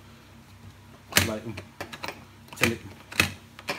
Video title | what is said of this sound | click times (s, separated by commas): Indesit DFG15B1 Dishwasher Review | was gonna say till it clicks, but it's not clicking. | none